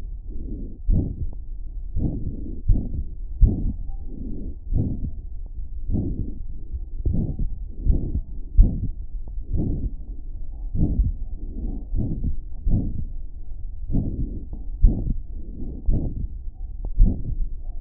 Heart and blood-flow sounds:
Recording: heart sounds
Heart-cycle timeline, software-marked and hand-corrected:
0.00	0.01	S2
0.01	0.89	diastole
0.89	1.02	S1
1.02	1.20	systole
1.20	1.30	S2
1.30	1.97	diastole
1.97	2.12	S1
2.12	2.24	systole
2.24	2.35	S2
2.35	2.67	diastole
2.67	2.79	S1
2.79	2.92	systole
2.92	3.05	S2
3.05	3.41	diastole
3.41	3.53	S1
3.53	3.66	systole
3.66	3.79	S2
3.79	4.70	diastole
4.70	4.87	S1
4.87	5.02	systole
5.02	5.15	S2
5.15	5.90	diastole
5.90	6.03	S1
6.03	6.22	systole
6.22	6.33	S2
6.33	7.08	diastole
7.08	7.21	S1
7.21	7.38	systole
7.38	7.50	S2
7.50	7.86	diastole
7.86	7.99	S1
7.99	8.11	systole
8.11	8.24	S2
8.24	8.56	diastole
8.56	8.68	S1
8.68	8.83	systole
8.83	8.95	S2
8.95	9.52	diastole
9.52	9.64	S1
9.64	9.83	systole
9.83	9.96	S2
9.96	10.75	diastole
10.75	10.89	S1
10.89	11.05	systole
11.05	11.19	S2
11.19	11.92	diastole
11.92	12.05	S1
12.05	12.21	systole
12.21	12.33	S2
12.33	12.68	diastole
12.68	12.84	S1
12.84	12.99	systole
12.99	13.10	S2
13.10	13.91	diastole
13.91	14.04	S1
14.04	14.18	systole
14.18	14.31	S2
14.31	14.82	diastole
14.82	14.94	S1
14.94	15.09	systole
15.09	15.23	S2
15.23	15.89	diastole
15.89	16.04	S1
16.04	16.19	systole
16.19	16.35	S2
16.35	17.01	diastole
17.01	17.11	S1
17.11	17.25	systole
17.25	17.38	S2
17.38	17.81	diastole
From the record:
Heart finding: aortic stenosis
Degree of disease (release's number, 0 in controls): 2 to 3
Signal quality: good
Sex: female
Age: 88 years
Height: 1.5 m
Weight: 73 kg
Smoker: no

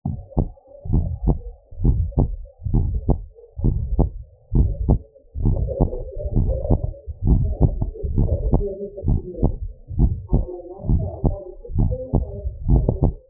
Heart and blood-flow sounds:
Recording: heart sounds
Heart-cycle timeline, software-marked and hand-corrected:
0.00	0.02	S1
0.02	0.26	systole
0.26	0.36	S2
0.36	0.90	diastole
0.90	1.04	S1
1.04	1.26	systole
1.26	1.38	S2
1.38	1.84	diastole
1.84	1.96	S1
1.96	2.16	systole
2.16	2.30	S2
2.30	2.74	diastole
2.74	2.88	S1
2.88	3.08	systole
3.08	3.18	S2
3.18	3.64	diastole
3.64	3.76	S1
3.76	3.98	systole
3.98	4.10	S2
4.10	4.56	diastole
4.56	4.72	S1
4.72	4.88	systole
4.88	4.98	S2
4.98	5.44	diastole
5.44	5.58	S1
5.58	5.80	systole
5.80	5.90	S2
5.90	6.36	diastole
6.36	6.48	S1
6.48	6.70	systole
6.70	6.82	S2
6.82	7.28	diastole
7.28	7.44	S1
7.44	7.62	systole
7.62	7.74	S2
7.74	8.16	diastole
8.16	8.28	S1
8.28	8.48	systole
8.48	8.62	S2
8.62	9.08	diastole
9.08	9.20	S1
9.20	9.42	systole
9.42	9.54	S2
9.54	9.98	diastole
9.98	10.12	S1
10.12	10.34	systole
10.34	10.46	S2
10.46	10.90	diastole
10.90	11.04	S1
11.04	11.26	systole
11.26	11.34	S2
11.34	11.78	diastole
11.78	11.92	S1
11.92	12.14	systole
12.14	12.24	S2
12.24	12.70	diastole
12.70	12.84	S1
12.84	13.02	systole
13.02	13.12	S2
13.12	13.30	diastole
From the record:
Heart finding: normal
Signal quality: good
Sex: female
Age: 81 years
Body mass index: 30

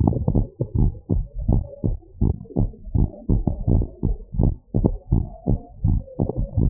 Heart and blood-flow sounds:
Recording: heart sounds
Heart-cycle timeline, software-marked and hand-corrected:
0.01	0.15	S1
0.15	0.37	systole
0.37	0.47	S2
0.47	0.77	diastole
0.77	0.91	S1
0.91	1.11	systole
1.11	1.23	S2
1.23	1.47	diastole
1.47	1.61	S1
1.61	1.85	systole
1.85	1.97	S2
1.97	2.23	diastole
2.23	2.35	S1
2.35	2.57	systole
2.57	2.69	S2
2.69	2.93	diastole
2.93	3.07	S1
3.07	3.31	systole
3.31	3.43	S2
3.43	3.69	diastole
3.69	3.85	S1
3.85	4.05	systole
4.05	4.15	S2
4.15	4.39	diastole
4.39	4.55	S1
4.55	4.81	systole
4.81	4.93	S2
4.93	5.13	diastole
5.13	5.25	S1
5.25	5.49	systole
5.49	5.59	S2
5.59	5.85	diastole
5.85	6.01	S1
6.01	6.21	systole
6.21	6.29	S2
6.29	6.57	diastole
6.57	6.70	S1
From the record:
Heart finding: normal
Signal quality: good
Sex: female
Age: 59 years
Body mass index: 31.4

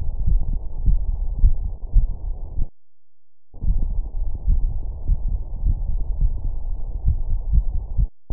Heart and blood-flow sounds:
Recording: heart sounds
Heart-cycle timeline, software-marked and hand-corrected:
0.01	0.09	S2
0.09	0.27	diastole
0.27	0.43	S1
0.43	0.57	systole
0.57	0.67	S2
0.67	0.85	diastole
0.85	0.99	S1
0.99	1.13	systole
1.13	1.23	S2
1.23	1.41	diastole
1.41	1.55	S1
1.55	1.67	systole
1.67	1.77	S2
1.77	1.95	diastole
1.95	2.09	S1
2.09	2.25	systole
2.25	2.35	S2
2.35	2.55	diastole
2.55	2.67	S1
2.67	2.83	systole
2.83	2.93	S2
2.93	3.13	diastole
3.13	3.21	S1
3.21	3.37	systole
3.37	3.47	S2
3.47	3.67	diastole
3.67	3.81	S1
3.81	3.93	systole
3.93	4.03	S2
4.03	4.21	diastole
4.21	4.33	S1
4.33	4.47	systole
4.47	4.61	S2
4.61	4.79	diastole
4.79	4.91	S1
4.91	5.07	systole
5.07	5.17	S2
5.17	5.33	diastole
5.33	5.45	S1
5.45	5.63	systole
5.63	5.77	S2
5.77	5.93	diastole
5.93	6.05	S1
6.05	6.21	systole
6.21	6.33	S2
6.33	6.51	diastole
6.51	6.61	S1
6.61	6.75	systole
6.75	6.85	S2
6.85	7.05	diastole
7.05	7.17	S1
7.17	7.29	systole
7.29	7.37	S2
7.37	7.51	diastole
7.51	7.65	S1
7.65	7.73	systole
7.73	7.81	S2
7.81	7.97	diastole
7.97	8.09	S1
8.09	8.25	systole
8.25	8.33	S2
From the record:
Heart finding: coronary artery disease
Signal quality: good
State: rest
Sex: male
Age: 71 years

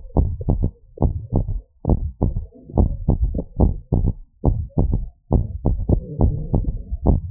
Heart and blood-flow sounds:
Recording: heart sounds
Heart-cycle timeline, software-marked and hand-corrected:
0.00	0.19	diastole
0.19	0.33	S1
0.33	0.57	systole
0.57	0.69	S2
0.69	1.03	diastole
1.03	1.13	S1
1.13	1.35	systole
1.35	1.47	S2
1.47	1.89	diastole
1.89	2.03	S1
2.03	2.27	systole
2.27	2.37	S2
2.37	2.79	diastole
2.79	2.93	S1
2.93	3.19	systole
3.19	3.31	S2
3.31	3.61	diastole
3.61	3.75	S1
3.75	4.01	systole
4.01	4.13	S2
4.13	4.47	diastole
4.47	4.59	S1
4.59	4.83	systole
4.83	4.95	S2
4.95	5.33	diastole
5.33	5.45	S1
5.45	5.67	systole
5.67	5.81	S2
5.81	6.21	diastole
6.21	6.35	S1
6.35	6.55	systole
6.55	6.65	S2
6.65	7.07	diastole
7.07	7.21	S1
7.21	7.31	systole
From the record:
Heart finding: normal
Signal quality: good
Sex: female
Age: 25 years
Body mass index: 19.5

